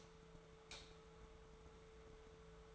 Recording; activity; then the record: daily activity, microphone in the room; light off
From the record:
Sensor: 3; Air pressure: 1014.7 hPa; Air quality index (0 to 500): 193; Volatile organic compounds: 24 ppm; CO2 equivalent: 2820 ppm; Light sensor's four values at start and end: 43/109/47/49 and 40/100/43/46